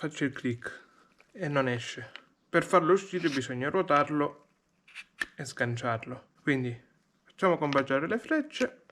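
Someone talks while a diesel fuel filter cartridge is handled and lined up with its filter housing cover on a 1.9 CDTI / JTDm engine (Opel Zafira, Vectra, Astra, Alfa Romeo, Fiat, Saab), with the alignment arrows being matched. A brief sharp tap is heard around 5.2 s between the speech. The clip ends before the cartridge is pressed home, so nothing has seated or clicked yet.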